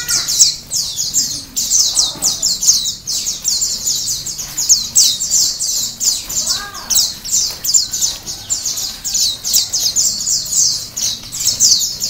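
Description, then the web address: White-eyes singing together: a constant wash of sharp, high chirps and trills, with a brief lower whistled note near the middle. Ombyokan style, many white-eyes singing together. "pleci ombyokan. masteran pleci"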